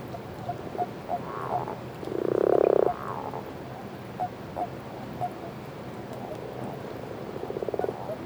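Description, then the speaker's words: Common toads and common frogs calling in chorus: soft low croaks and purring bursts, one louder croaking burst early on, over a steady rush of falling water. Common toads (Bufo bufo) and common frogs (Rana temporaria) breeding chorus at night, end of winter, 22 February 2014, Etang de Beaumont, Drôme; barely 10 degrees on the lake; pond spillway; Nagra Seven, two MKH40 microphones. "Crapauds communs et grenouilles rouges chantent. Pourtant, il fait à peine 10 degrés euh, sur le lac."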